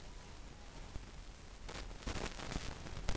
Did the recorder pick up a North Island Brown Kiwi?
no